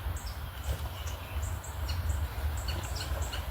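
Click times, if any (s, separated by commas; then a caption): none. A plastic intake manifold cover on a 2009 Dodge Journey 3.5L AWD is being pushed up onto its retaining clip/ball stud, with low rumbling handling noise and a few faint higher taps. Nothing has seated or clicked yet in this clip; the cover is still being handled before it goes home.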